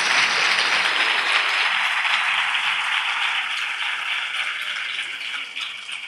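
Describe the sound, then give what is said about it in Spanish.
Sustained audience applause from townspeople at the 2013 Archidona Carnival proclamation, for the carnival group Chapó: a dense crackling wash of many hands clapping at steady volume, tapering only slightly toward the end with no voices over it. “Esa presentación y su participación y colaboración activa, un carnaval tras otro, se merece otro aplauso de su pueblo.”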